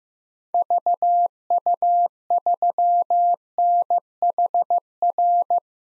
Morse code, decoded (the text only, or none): VU3NHR